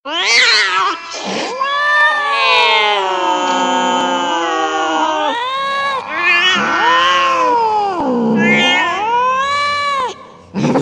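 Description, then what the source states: Cat caterwauling in long, sagging wails that swell and dip, with brief higher yowls between the drawn-out cries. Ringtone recording.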